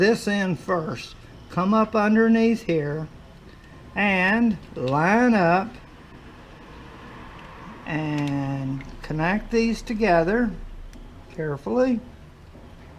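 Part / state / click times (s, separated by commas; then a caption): headlight kit wiring connector into the vehicle harness connector / not seated / none. Someone talks while a wiring connector from a Twist Dynamics 2017 Canadian headlight conversion kit is positioned under the headlight and lined up with the vehicle's harness connector before the two are joined. Faint handling sounds fill the quieter gaps between the talking, and nothing has clicked or seated yet.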